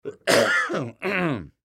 Human Cough. Sick sound effects cough clear throat male old.